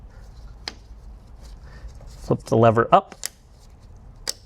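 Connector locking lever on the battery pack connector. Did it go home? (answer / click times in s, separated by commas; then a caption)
yes / 4.3 s. On a Tesla Model 3 during a battery swap changing the chemistry from NMC to LFP, the locking lever on the high-voltage battery pack connector is flipped up and then pushed over to lock the connector while someone talks. A brief tap sounds at about 0.7 s, and a sharp hit at 4.3 s marks the lever locking and the connector seating.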